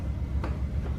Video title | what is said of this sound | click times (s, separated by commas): 2005-2011 Cadillac STS - Headlight Assembly Replacement | And that you just push on until it clicks, and | 0.4 s